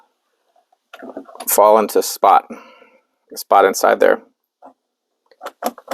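Someone talks while a driver airbag module with four pins on its back is handled into the steering wheel hub of a Ford Maverick during an ST steering wheel swap. A few brief handling taps are heard near the end, at about 5.7 to 5.9 seconds. The module has not yet seated or clicked into place when the clip ends.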